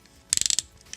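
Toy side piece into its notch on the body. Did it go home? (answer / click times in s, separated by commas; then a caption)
yes / 0.3 s, 0.4 s, 0.5 s, 0.6 s. A plastic side piece of a FansProject Pinchar (Dinobot Snarl) third-party Transformer toy is swung back so its notch hangs into place on the body. It makes a rapid series of sharp ratchet clicks at about 0.3, 0.4, 0.4, 0.5, 0.5 and 0.6 seconds. The piece clicks in and seats, with a real nice ratchet.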